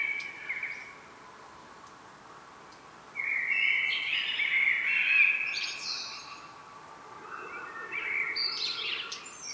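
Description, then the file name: Common blackbird song: a faint note at the start, then after a pause two mellow warbled phrases, each ending in squeaky higher notes. "Turdus merula"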